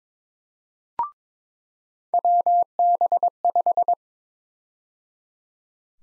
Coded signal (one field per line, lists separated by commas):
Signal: Morse code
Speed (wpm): 22 wpm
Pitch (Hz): 700 Hz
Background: none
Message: WB5